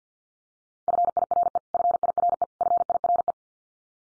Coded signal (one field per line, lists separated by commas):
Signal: Morse code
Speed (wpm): 50 wpm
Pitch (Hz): 700 Hz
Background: none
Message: FIRE FIRE FIRE